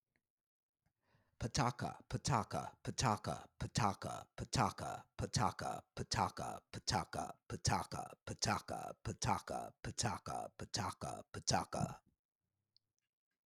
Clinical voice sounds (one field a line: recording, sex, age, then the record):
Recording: repeated syllables /pa ta ka/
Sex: male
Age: 60 to 69 years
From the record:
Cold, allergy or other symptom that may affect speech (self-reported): no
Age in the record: 65 years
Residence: United States